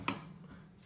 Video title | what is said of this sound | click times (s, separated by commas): Part 3 Reassembling the JTS shotgun | snaps right in | 0.1 s